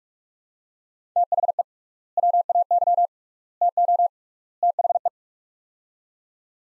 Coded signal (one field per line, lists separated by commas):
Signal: Morse code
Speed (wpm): 42 wpm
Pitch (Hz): 700 Hz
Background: none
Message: THE WAY TO THE